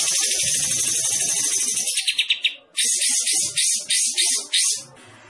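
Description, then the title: Olive-winged Bulbul song, a dense, harsh, high chattering trill that breaks into rapid repeated bursts about twice a second toward the end. Singing actively, described as gacor. "Kapas Tembak Gacor"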